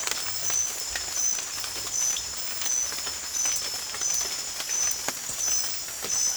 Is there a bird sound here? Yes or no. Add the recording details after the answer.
no. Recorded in secondary vegetation near Puerto Asís, Putumayo, Colombia, on 29 June 2025. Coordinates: 0.488, -76.319. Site G094